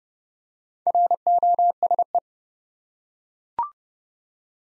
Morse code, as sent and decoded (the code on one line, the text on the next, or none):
.-. --- ... .
ROSE